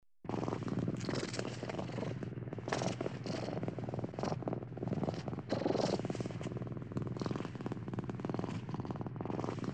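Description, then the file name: Large cat purring in a steady, deep, rapidly pulsing rumble that runs almost without pause, with brief breaks between breaths. "Large feline purring"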